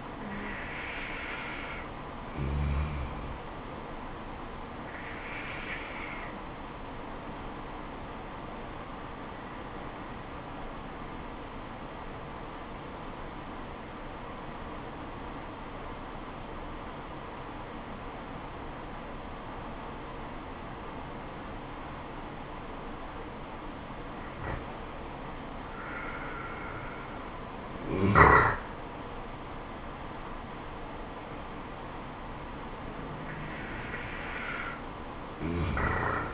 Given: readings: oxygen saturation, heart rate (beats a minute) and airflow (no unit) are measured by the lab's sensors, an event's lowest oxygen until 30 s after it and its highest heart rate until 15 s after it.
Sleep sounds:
breathing in sleep by a voice recorder at the bedside; 1
10.00-25.80 s: obstructive apnea (N1, oxygen 96% highest, then 90% lowest, heart rate 73 at the start, 79 highest)
From the record:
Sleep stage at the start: N1 (lightest sleep); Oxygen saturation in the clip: 89 to 96%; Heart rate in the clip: 67 to 79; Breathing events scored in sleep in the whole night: 426 in 7.4 hours asleep

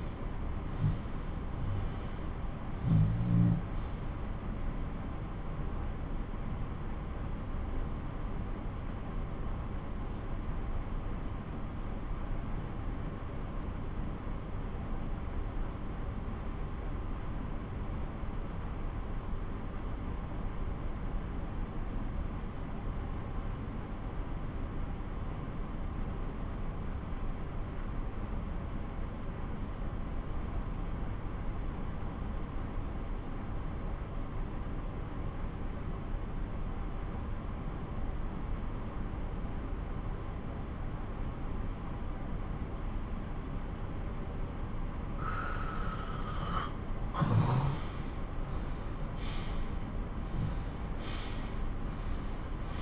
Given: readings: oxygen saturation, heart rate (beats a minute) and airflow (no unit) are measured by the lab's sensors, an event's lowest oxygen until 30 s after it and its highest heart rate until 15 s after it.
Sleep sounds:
breathing in sleep by a smartphone at the bedside; 1
3.00-45.00 s: obstructive apnea (N2, oxygen 97% highest, then 92% lowest)
33.00-52.82 s: new sleep stage, N1 (lightest sleep)
From the record:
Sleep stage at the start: N2 (light sleep); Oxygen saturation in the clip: 88 to 97%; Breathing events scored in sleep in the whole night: 217 in 6.3 hours asleep

